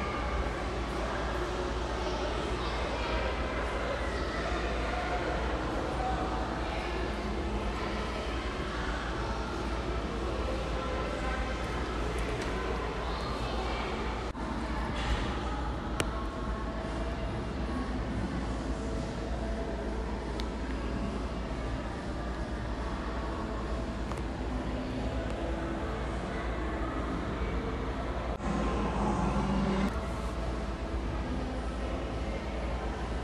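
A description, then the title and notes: Steady, dense mall ambience with a low constant rumble and faint overlapping talking, growing slightly louder briefly near the end. Mall Ambience (faint talking and music).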